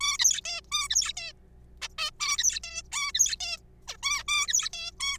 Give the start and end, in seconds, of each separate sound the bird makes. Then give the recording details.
0.01-0.17, 0.19-0.41, 0.45-0.61, 0.72-0.88, 0.90-1.13, 1.17-1.32, 1.82-1.88, 1.99-2.10, 2.20-2.37, 2.38-2.59, 2.63-2.82, 2.93-3.12, 3.14-3.36, 3.40-3.57, 3.88-3.97, 4.03-4.22, 4.28-4.47, 4.48-4.69, 4.73-4.91, 5.00-5.17. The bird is a juvenile. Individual R3428